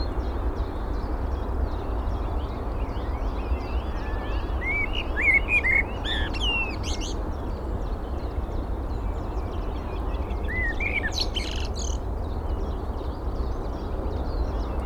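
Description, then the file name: Eurasian blackbird giving two brief bursts of fluty warbling followed by high scratchy twitters, separated by a long pause filled with low rumbling background noise. "Turdus merula"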